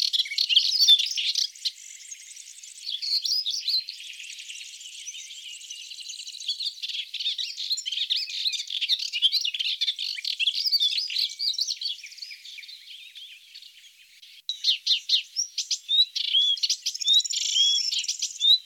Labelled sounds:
Melodious Warbler song

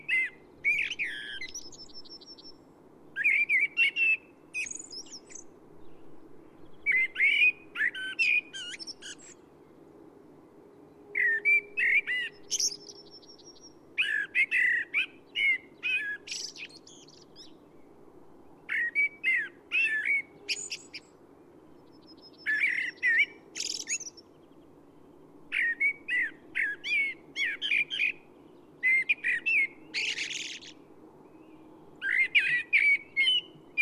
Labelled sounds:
Common Blackbird song

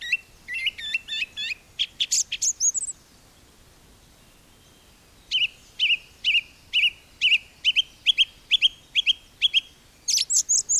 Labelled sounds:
Song Thrush song

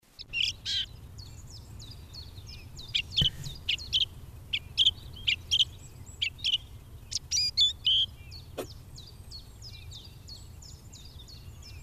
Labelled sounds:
Song Thrush song

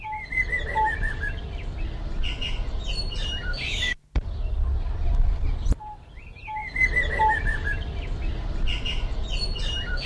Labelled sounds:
Snowy-crowned Robin-Chat song

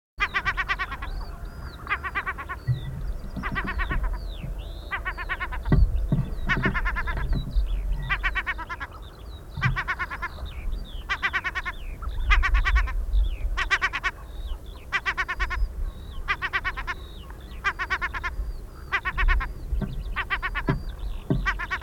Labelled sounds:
European Herring Gull call

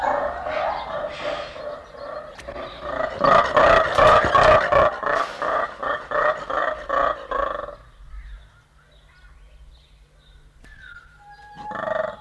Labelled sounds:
Mantled Guereza call

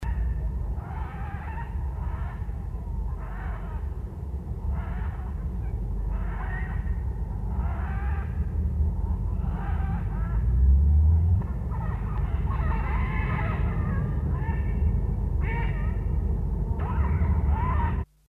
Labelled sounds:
Blue-and-yellow Macaw call

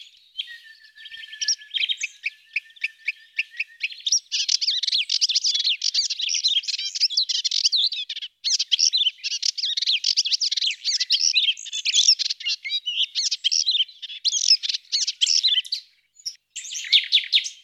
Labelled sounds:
Melodious Warbler song

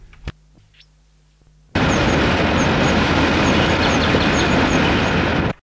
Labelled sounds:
White-throated Dipper call

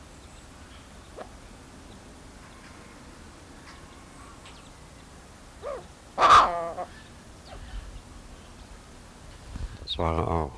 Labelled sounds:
White-necked Laughingthrush call

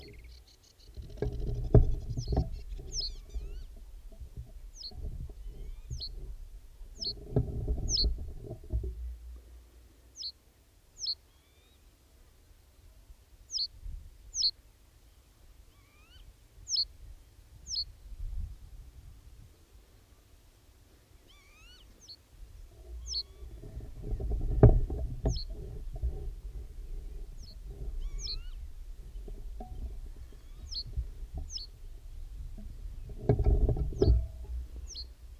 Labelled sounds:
Reed Bunting song

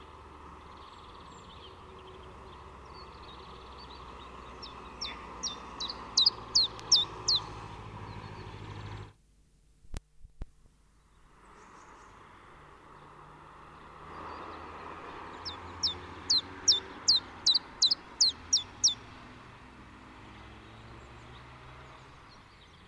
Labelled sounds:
Common Chiffchaff song

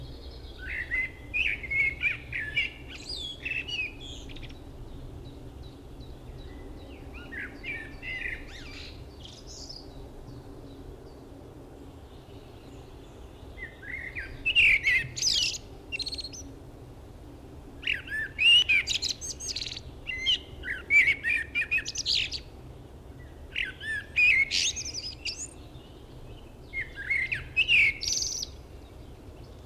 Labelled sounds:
Common Blackbird song

